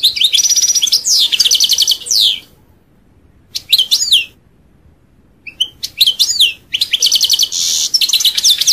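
European goldfinch song in three bursts of fast, liquid twittering with trilled and buzzy high notes, separated by brief silent pauses.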